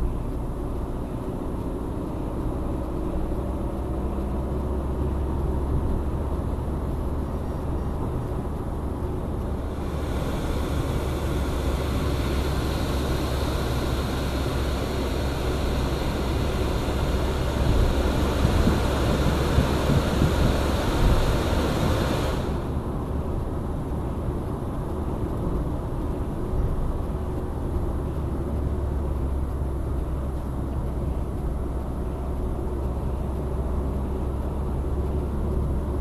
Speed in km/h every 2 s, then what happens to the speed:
65, 67, 69, 76, 78, 75, 73, 71, 72, 74, 76, 77, 78, 79, 74, 70, 71, 73.
0-7 speeds up to 78. 13-25 speeds up to 79. 25-30 slows to 70. 30-36 steady at about 71.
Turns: none.